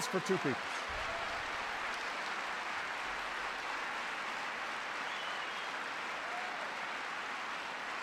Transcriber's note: applause